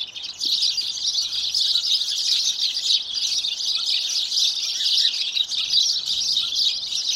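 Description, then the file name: House sparrows chirping in a dense, continuous chorus of high overlapping chirps that carries throughout without pause. "Passer domesticus"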